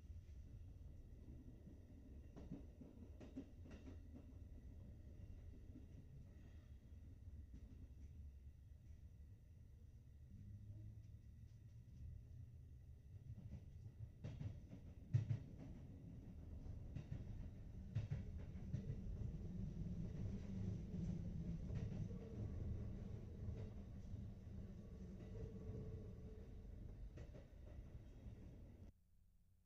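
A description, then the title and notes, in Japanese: An electric train rolls along with a steady low rumble, joined by thin high whining tones. Scattered clicks and knocks come through, a sharp one near fifteen seconds, after which the rumble grows louder and thicker before cutting off just before the end. AUKEY EP-N33 ノイズテスト 電車ANC。素材は 効果音ラボ さんのものを使い、HATSで録音しています。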